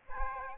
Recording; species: mosquito wingbeat signal from an infrared sensor; Aedes albopictus